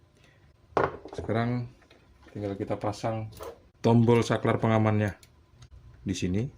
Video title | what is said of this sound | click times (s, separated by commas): 3 Barang Elektronik Rusak Lihat Apa yang Terjadi Setelah Diperbaiki 😱 | Pas sudah pas posisinya kita dorong sampai bunyi ceklik-ceklik. | 0.8 s